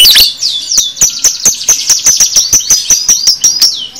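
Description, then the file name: Lovebird song: a harsh shriek, then fast, even, high chips about five times a second, ending in a falling squeak. Masteran lovebird sounds, made for training cage birds. "masteran lovebird paud"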